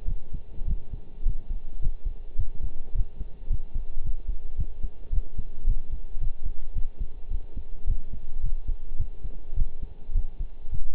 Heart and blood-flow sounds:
heart sounds by stethoscope; between the tricuspid and mitral areas; 107 bpm
0.08 s: heartbeat
0.67 s: heartbeat
1.26 s: heartbeat
1.82 s: heartbeat
2.38 s: heartbeat
2.95 s: heartbeat
3.50 s: heartbeat
4.04 s: heartbeat
4.58 s: heartbeat
5.12 s: heartbeat
5.67 s: heartbeat
6.21 s: heartbeat
6.75 s: heartbeat
7.30 s: heartbeat
7.87 s: heartbeat
8.43 s: heartbeat
8.99 s: heartbeat
9.56 s: heartbeat
10.15 s: heartbeat
10.72 s: heartbeat
From the record:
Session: pedaling a stationary bicycle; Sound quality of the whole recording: partially saturated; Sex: male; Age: 23 years

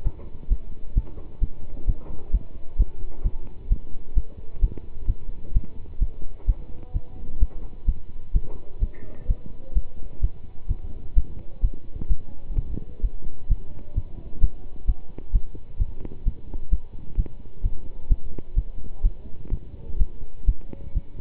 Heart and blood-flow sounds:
heart sounds by stethoscope; between the tricuspid and mitral areas; 129 bpm
0.03 s: heartbeat
0.49 s: heartbeat
0.94 s: heartbeat
1.40 s: heartbeat
1.86 s: heartbeat
2.31 s: heartbeat
2.77 s: heartbeat
3.23 s: heartbeat
3.69 s: heartbeat
4.14 s: heartbeat
4.60 s: heartbeat
5.07 s: heartbeat
5.53 s: heartbeat
5.99 s: heartbeat
6.46 s: heartbeat
6.93 s: heartbeat
7.39 s: heartbeat
7.85 s: heartbeat
8.32 s: heartbeat
8.80 s: heartbeat
9.27 s: heartbeat
9.73 s: heartbeat
10.21 s: heartbeat
10.67 s: heartbeat
11.14 s: heartbeat
11.61 s: heartbeat
12.08 s: heartbeat
12.55 s: heartbeat
13.01 s: heartbeat
13.48 s: heartbeat
13.95 s: heartbeat
14.40 s: heartbeat
14.86 s: heartbeat
15.32 s: heartbeat
15.78 s: heartbeat
16.24 s: heartbeat
16.70 s: heartbeat
17.16 s: heartbeat
17.62 s: heartbeat
18.08 s: heartbeat
18.55 s: heartbeat
19.02 s: heartbeat
19.50 s: heartbeat
19.98 s: heartbeat
20.45 s: heartbeat
20.94 s: heartbeat
From the record:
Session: pedaling a stationary bicycle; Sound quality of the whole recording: good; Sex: male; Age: 27 years

